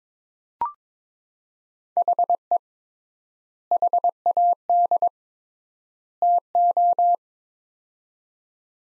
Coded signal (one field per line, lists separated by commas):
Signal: Morse code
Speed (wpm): 21 wpm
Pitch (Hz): 700 Hz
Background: none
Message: HE HAD TO